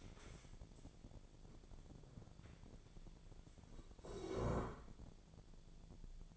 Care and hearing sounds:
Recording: daily activity, microphone in the room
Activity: stand up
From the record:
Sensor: 5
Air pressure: 1000.5 hPa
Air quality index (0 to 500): 148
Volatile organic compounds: 2 ppm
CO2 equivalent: 1150 ppm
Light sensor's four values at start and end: 49/115/48/51 and 49/114/48/50

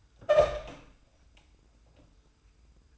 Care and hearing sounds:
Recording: daily activity, microphone in the room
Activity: open door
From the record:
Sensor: 2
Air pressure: 990.3 hPa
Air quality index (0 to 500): 183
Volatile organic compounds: 1000 ppm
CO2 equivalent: 5811 ppm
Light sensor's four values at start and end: 35/81/33/33 and 34/80/33/33

